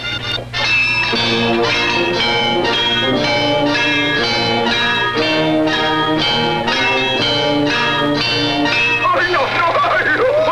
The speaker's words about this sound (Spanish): El segundo tiempo de este torneo está por iniciarse. Ya los contendientes se encuentran en sus respectivas posiciones. Y aquí está la campana.